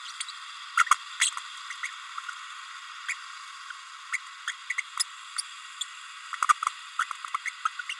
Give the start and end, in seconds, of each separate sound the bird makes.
0.20-0.24, 0.77-0.84, 1.20-1.30, 1.83-1.89, 3.08-3.14, 4.12-4.17, 4.47-4.52, 4.70-4.74, 4.78-4.82, 6.42-6.46, 6.49-6.53, 6.99-7.04, 7.45-7.50, 7.65-7.69, 7.89-7.93